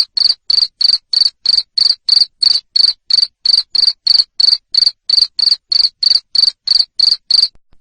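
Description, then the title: Cricket giving a continuous run of sharp, high chirps roughly three each second, ending with a couple of faint notes. Loud cricket chirping (jangkrik ngerik) played to stimulate lovebirds into continuous singing (ngekek). "Suara JANGKRIK NGERIK Keras Bikin LOVEBIRD Jadi NGEKEK Terus Vubey"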